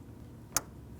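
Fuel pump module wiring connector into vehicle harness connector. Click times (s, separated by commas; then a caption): 0.6 s. The wiring connector of a new fuel pump and sending unit module on a 2000-2005 Buick LeSabre is slid into its mating vehicle harness plug on top of the fuel tank. One short, sharp click is heard at 0.6 s against quiet background noise, and the connector is seated.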